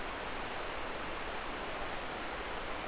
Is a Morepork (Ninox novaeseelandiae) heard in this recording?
no